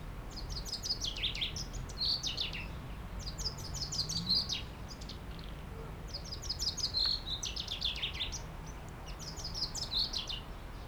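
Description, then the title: Common chaffinch song: several bright, descending trilled phrases, each ending in a quick flourish, in quick succession over a low steady background rumble. Single chaffinch singing in a tree while preening near a car park at Aix-les-Bains, France; Sierroz river faintly behind. "30 Rue Eugène Fert, Aix-les-Bains, France - Pinson des arbres"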